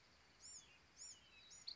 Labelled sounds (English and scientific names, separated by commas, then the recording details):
Bewick's Wren (Thryomanes bewickii)
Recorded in Sonoma County, California